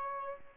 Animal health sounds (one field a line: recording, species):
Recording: mosquito wingbeat signal from an infrared sensor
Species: Aedes albopictus